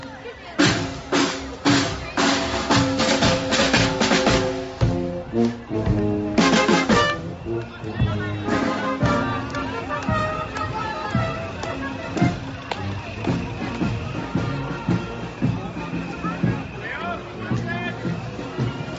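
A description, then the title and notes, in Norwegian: Voices talk in a town square, with a steady murmur of other people behind them. Sharp clattering knocks come thick and fast through the first seven seconds, then thin out as the talk carries on over a busy outdoor hum. Borgartoget i Leirvik.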